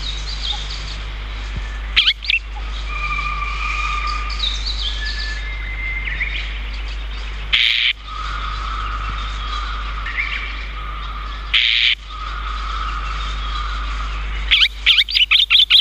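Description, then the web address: Chestnut-cheeked starling calls: sharp high chirps in short bursts every few seconds over a steady chorus of whistled notes. "sikioto birds komukudori"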